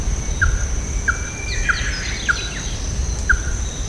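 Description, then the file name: Ruddy-breasted crake calling with five short, sharp notes, while faint chirps of other birds and a low background rumble continue. "hikuina"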